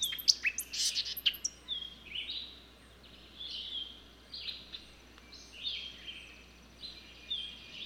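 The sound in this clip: Birdsong: a burst of loud sharp chirps at the start, then softer whistled phrases repeated roughly once a second.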